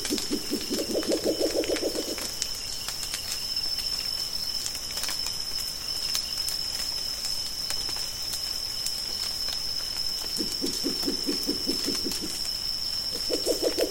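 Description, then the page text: Spectacled owl song: rapid runs of low, knocking pulsed hoots in two bouts about ten seconds apart, a third starting at the end, over a steady high drone. Adults of both sexes; Amambay, Paraguay, 1 April 2025. "Murucututu (Pulsatrix perspicillata). Guillermo Menéndez"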